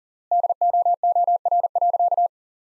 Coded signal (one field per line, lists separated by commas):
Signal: Morse code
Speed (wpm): 37 wpm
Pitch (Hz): 700 Hz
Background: none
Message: DOOR.